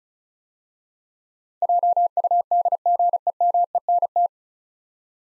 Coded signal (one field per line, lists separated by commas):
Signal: Morse code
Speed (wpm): 36 wpm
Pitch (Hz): 700 Hz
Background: none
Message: JUDGEMENT